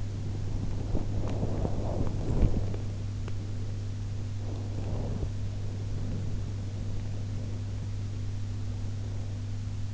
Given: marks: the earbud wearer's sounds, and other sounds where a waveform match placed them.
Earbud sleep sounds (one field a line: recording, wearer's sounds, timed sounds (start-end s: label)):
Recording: sounds in sleep by an in-ear microphone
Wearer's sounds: body movement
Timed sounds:
0.00-6.43 s: body movement